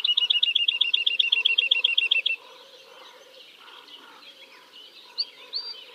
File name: woodlark omkicau